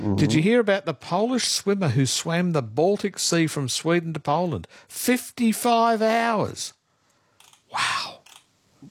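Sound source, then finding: Adult speaker. Normal voice.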